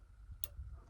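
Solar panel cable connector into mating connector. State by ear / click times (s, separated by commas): seated / 0.4 s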